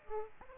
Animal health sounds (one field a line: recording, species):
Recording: mosquito wingbeat signal from an infrared sensor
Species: Aedes aegypti